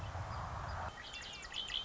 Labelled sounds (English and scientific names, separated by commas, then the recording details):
Red-winged Blackbird (Agelaius phoeniceus)
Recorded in Sonoma County, California